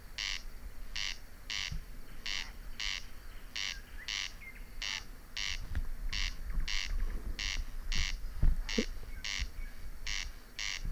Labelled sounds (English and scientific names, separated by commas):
Corn Crake (Crex crex)